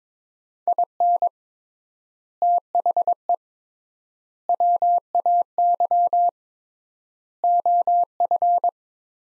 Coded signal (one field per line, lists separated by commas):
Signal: Morse code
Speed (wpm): 22 wpm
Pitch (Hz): 700 Hz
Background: none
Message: IN THE WAY OF